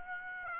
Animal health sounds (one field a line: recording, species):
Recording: mosquito wingbeat signal from an infrared sensor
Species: Aedes aegypti